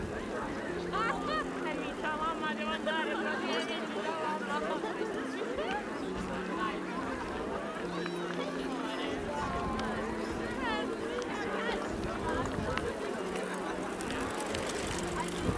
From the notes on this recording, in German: Hunderte Menschen gehen ihren Beschäftigungen nach.